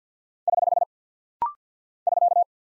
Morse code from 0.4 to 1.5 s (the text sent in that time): <HH>